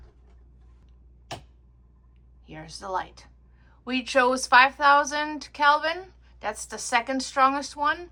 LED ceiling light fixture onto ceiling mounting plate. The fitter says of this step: Now you're just going to twist it on the plate until it clicks in.